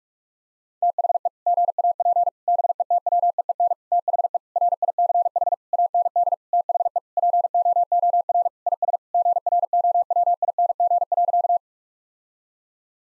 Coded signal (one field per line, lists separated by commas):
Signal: Morse code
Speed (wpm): 46 wpm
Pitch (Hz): 700 Hz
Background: none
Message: THE GAP BETWEEN THE RICH AND THE POOR IS GROWING.